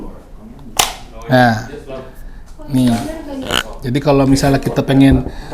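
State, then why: Seated. A gun's folding shoulder stock is released and pulled back until it locks open into the extended position in the receiver hinge, giving a sharp, loud click at 0.8 s. Someone talks afterward.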